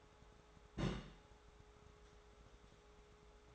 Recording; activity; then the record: daily activity, microphone in the room; place on stove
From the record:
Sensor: 3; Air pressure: 1010.3 hPa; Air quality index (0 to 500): 166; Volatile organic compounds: 9 ppm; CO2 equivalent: 2171 ppm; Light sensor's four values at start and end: 51/125/55/62 and 50/123/55/61